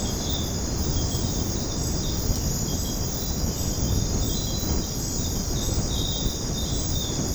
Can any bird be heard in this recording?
no